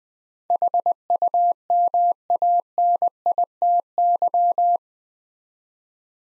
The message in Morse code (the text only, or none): HUMANITY